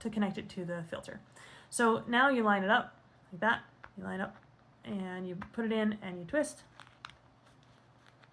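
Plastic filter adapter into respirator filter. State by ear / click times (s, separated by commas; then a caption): seated / 7.0 s. Someone talks while lining up a plastic 3M-style filter adapter with a respirator filter, pushing it in and twisting it. Small handling ticks follow, and a sharp click at 7.0 s marks the adapter locking securely into place.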